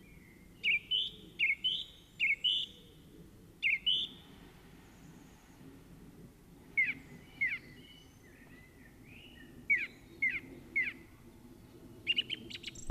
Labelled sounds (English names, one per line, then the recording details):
Song Thrush song
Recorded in the wild
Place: Kaiserslautern, Rheinland-Pfalz, DE
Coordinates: 49.44, 7.74917
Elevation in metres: 254
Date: 1974-03-26
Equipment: Nagra IV, Sennheiser MKH 405, Parabolreflektor
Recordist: Tretzel, Erwin